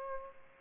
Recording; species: mosquito wingbeat signal from an infrared sensor; Aedes aegypti